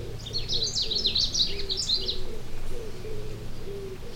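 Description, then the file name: Long-tailed rosefinch: quick bursts of high twittering, sliding notes over the first two seconds, with low cooing notes repeating in the background. "Carpodacus sibiricus"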